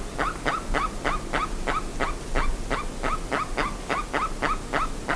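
Bird uttering a rapid, insistent string of short harsh notes, roughly three per second, unbroken over a steady hissing background.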